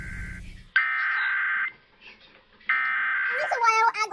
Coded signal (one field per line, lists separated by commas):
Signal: Emergency Alert System (SAME) tones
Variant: header bursts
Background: speech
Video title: KDKA EAS Test Online [EAS #369]